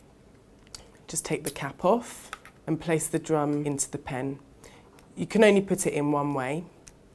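A new plastic lancet drum is handled and placed toward the barrel of a lancing pen while someone talks, with faint handling ticks near 0.7 s and 6.9 s. The drum has not yet been pushed home, and nothing has seated or clicked yet.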